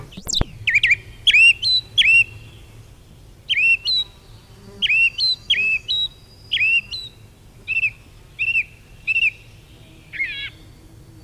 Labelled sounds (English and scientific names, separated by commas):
Song Thrush (Turdus philomelos) song